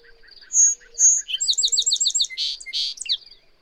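Bird gives two high whistles, then a quick rattling trill and two harsh buzzy notes at the end; soft lower chirps and a faint high pulsing continue underneath.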